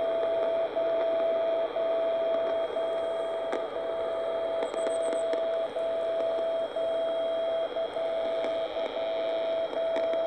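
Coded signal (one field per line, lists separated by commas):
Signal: radio time signal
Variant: MSF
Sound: steady mid-pitched tone that drops out briefly once a second, over hiss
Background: radio static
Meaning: Each brief break in the tone marks the start of a second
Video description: Reception of 60 kHz MSF Time Signal from Anthorn (UK) with my home made ULF/VLF receiver.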